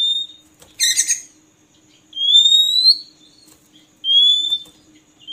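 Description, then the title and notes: Oriental magpie-robin song: long, pure rising whistles spaced about two seconds apart, with one short burst of harsh chatter. Long-duration magpie-robin filler (isian) song, played to train birds to sing actively (gacor) day and night. "Kacer Jadi Gacor Siang Malam. Isian Kacer Durasi Panjang"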